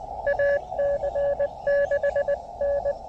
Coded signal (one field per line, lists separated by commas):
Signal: Morse code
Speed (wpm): 21 wpm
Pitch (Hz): 590 Hz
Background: radio noise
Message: AC6N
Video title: A Quick POTA Activation Before Closing Time at President James Polk State Historic Site!